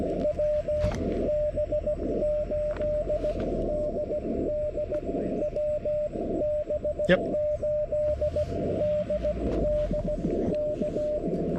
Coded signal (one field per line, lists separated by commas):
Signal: Morse code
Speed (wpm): 17 wpm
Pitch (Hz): 600 Hz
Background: radio noise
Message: WB8DD WB8DD K